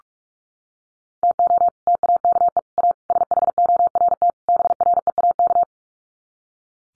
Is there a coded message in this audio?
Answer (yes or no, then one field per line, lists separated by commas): yes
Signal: Morse code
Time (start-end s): 1.2-5.6 s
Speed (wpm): 44 wpm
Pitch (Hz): 700 Hz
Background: none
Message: TO TAKE A SHORT BREAK